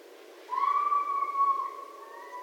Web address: Red Fox 2012 01 06 Red Fox